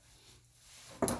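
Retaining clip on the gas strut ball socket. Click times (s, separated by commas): 1.0 s, 1.1 s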